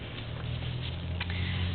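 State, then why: Seated. The revolving nosepiece of a microscope is turned while the microscope is being put away, most likely to bring the smallest objective lens into position. A short, sharp click at 1.2 s, followed by a softer tick at 1.3 s, is heard over a steady low hum. The objective lens seats and locks into place.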